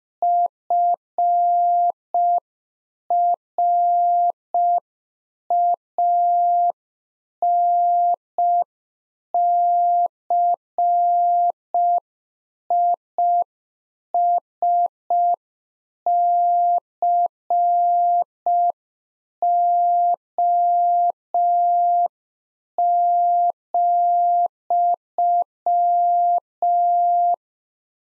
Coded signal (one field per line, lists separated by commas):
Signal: Morse code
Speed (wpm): 5 wpm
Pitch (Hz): 700 Hz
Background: none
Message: FRANCISCO,